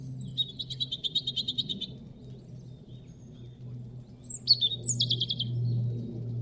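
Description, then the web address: European robin song: a fast, high, even trill of about a dozen notes, then a squeaky high phrase with another quick trill, over a steady low rumble. "Deverinetal 2025 File origin Bird Only Er Ru"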